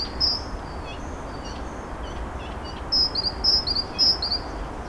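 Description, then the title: Bird song: a single high chirp, softer scattered notes, then a rapid run of paired high whistled notes, with steady low background noise. Birds singing at Narbonne, France; recorded with a Zoom H6 and Sennheiser MKE 600 microphone. "Narbonne, France - Birds Sing 03. Birds Narbonne 03"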